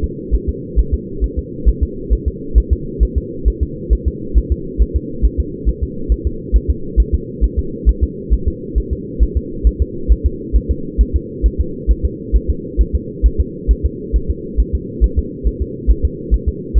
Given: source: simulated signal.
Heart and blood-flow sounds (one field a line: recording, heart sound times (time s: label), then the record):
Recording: fetal heart sounds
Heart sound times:
0.04 s: S2
0.34 s: S1
0.49 s: S2
0.79 s: S1
0.94 s: S2
1.24 s: S1
1.39 s: S2
1.69 s: S1
1.83 s: S2
2.13 s: S1
2.28 s: S2
2.58 s: S1
2.73 s: S2
3.03 s: S1
3.18 s: S2
3.48 s: S1
3.63 s: S2
3.93 s: S1
4.08 s: S2
4.38 s: S1
4.52 s: S2
4.82 s: S1
4.96 s: S2
5.25 s: S1
5.40 s: S2
5.69 s: S1
5.83 s: S2
6.12 s: S1
6.27 s: S2
6.56 s: S1
6.70 s: S2
7.00 s: S1
7.14 s: S2
7.44 s: S1
7.59 s: S2
7.89 s: S1
8.03 s: S2
8.33 s: S1
8.48 s: S2
8.78 s: S1
8.93 s: S2
9.23 s: S1
9.37 s: S2
9.67 s: S1
9.82 s: S2
10.12 s: S1
10.26 s: S2
10.56 s: S1
10.71 s: S2
11.01 s: S1
11.16 s: S2
11.46 s: S1
11.60 s: S2
11.91 s: S1
12.05 s: S2
12.36 s: S1
12.50 s: S2
12.81 s: S1
12.95 s: S2
13.26 s: S1
13.40 s: S2
13.71 s: S1
13.86 s: S2
14.16 s: S1
14.30 s: S2
14.60 s: S1
14.75 s: S2
15.04 s: S1
15.19 s: S2
15.47 s: S1
15.62 s: S2
15.90 s: S1
16.05 s: S2
16.34 s: S1
16.48 s: S2
16.78 s: S1
From the record:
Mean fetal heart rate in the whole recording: 135 bpm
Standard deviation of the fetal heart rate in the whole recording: 3 bpm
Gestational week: 34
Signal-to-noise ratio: -4.3 dB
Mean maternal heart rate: 72 bpm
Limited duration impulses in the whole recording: absent